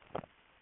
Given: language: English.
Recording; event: throat vibration sensor signal played as sound; swallow